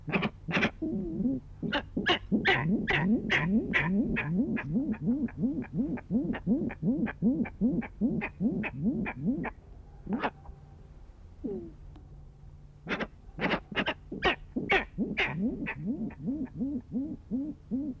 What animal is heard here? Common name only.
Grey-winged Trumpeter